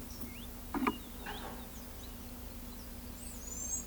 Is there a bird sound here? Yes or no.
yes